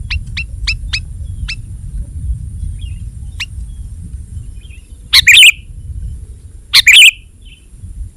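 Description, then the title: Sooty-headed bulbul uttering two loud chirpy phrases near the end, preceded by a run of thin, quick peeps, with low rumble throughout. "kutilang"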